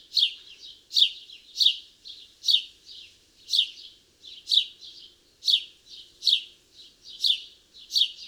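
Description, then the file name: House sparrow chirping, bright high chirps repeated roughly every second in a steady series, with softer chirps between. "Passer domesticus"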